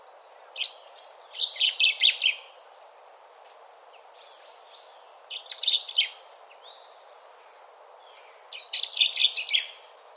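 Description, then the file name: Common chaffinch song: three rapid, rattling phrases of sharp notes, each about a second long, repeated roughly every three to four seconds. "Fringilla coelebs"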